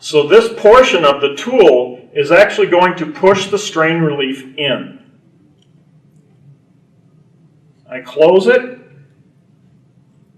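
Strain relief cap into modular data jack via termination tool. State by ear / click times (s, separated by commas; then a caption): not seated / none. A man talks while a termination tool is positioned and closed to press the plastic strain relief cap of a Panduit modular network data jack (an angled 45° wire cap) into place. After the talking stops there is a long, quiet stretch with only faint low hum, then more talk. The clip ends before the strain relief goes home, so nothing has seated or clicked yet.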